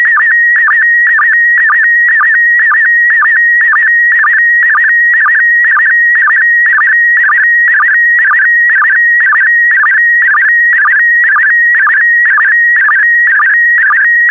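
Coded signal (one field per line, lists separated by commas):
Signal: SSTV (slow-scan television)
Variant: PD120 mode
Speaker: complete. You can now check your decoded image against the picture that is shown on the video.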